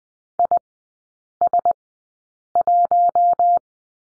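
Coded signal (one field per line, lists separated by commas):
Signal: Morse code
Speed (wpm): 20 wpm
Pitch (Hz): 700 Hz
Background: none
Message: IS1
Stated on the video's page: Morse code course lesson on the letter L, three characters, sent at a Farnsworth speed of 20/10 wpm.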